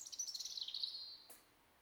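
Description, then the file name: European robin song: a fast series of high, tinkling pulsed notes forming a descending trill, ending with a brief click. "Erithacus rubecula"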